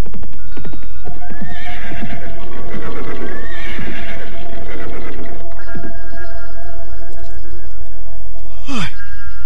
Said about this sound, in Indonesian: Dan ketika derap kudanya semakin mendekat padepokannya, tiba-tiba saja ia menghentikan kudanya secara tiba-tiba.